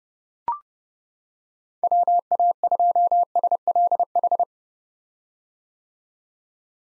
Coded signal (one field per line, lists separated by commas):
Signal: Morse code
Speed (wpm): 31 wpm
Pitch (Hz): 700 Hz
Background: none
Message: WA2SLH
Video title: 2023 POTA Hunter Call Signs - 30wpm